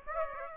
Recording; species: mosquito wingbeat signal from an infrared sensor; Aedes aegypti